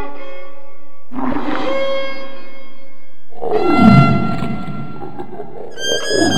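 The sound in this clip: Camel bellowing in long, harmonic-rich moans, two drawn-out cries followed by a louder, rougher groan that dips in pitch, then brief higher squeals.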